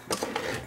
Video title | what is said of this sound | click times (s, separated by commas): Nooie Cam Outdoor unbox setup and test | and it'll lock into place once you've | 0.1 s, 0.4 s